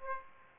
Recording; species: mosquito wingbeat signal from an infrared sensor; Aedes aegypti